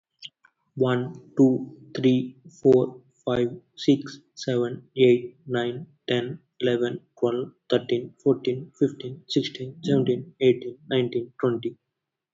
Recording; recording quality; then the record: counting at a normal pace; excellent, no background noise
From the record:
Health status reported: healthy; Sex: male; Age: 24 years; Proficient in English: yes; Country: India